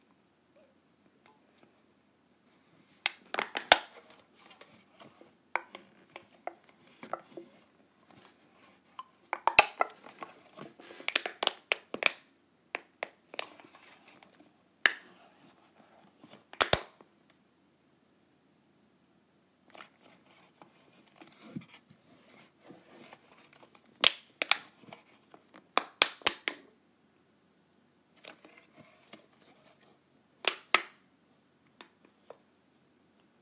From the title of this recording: ASMR Clipping my Clips